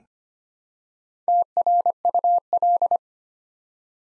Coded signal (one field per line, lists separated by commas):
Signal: Morse code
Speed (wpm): 25 wpm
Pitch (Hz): 700 Hz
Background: none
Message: TRUL